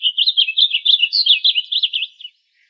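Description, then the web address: Blue grosbeak song: one rapid, rich warbled phrase of rising and falling notes, lasting just over two seconds, then silence. Recorded in Arizona on 22 June 2002. "Grosbeaks Buntings BLGR 062202"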